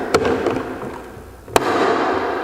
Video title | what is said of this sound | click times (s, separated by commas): AGP【DE25 / DEP25 Wet & Dry Vacuum Dust Extractor】Product Introduction & Operation | Engage the tangs and snap in place. | 1.6 s